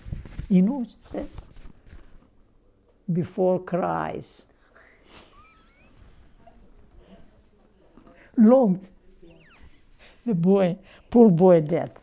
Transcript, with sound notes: You know what he says? "Before Christ!" [Laughs] Long. The boy, poor boy, dead.